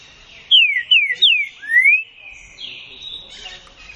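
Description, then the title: Green-winged saltator song: three loud descending whistled notes in quick succession, then a longer rising slurred whistle, followed by faint background chatter. Classic song style (canto clássico); used for training. "Canto Clássico Trinca Ferro TREINAMENTO"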